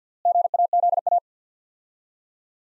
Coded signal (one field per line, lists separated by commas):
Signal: Morse code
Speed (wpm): 50 wpm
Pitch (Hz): 700 Hz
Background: none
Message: GAZA